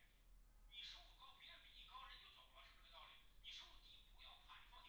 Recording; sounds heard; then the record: poultry house recording; no chicken sound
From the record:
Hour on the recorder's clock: 10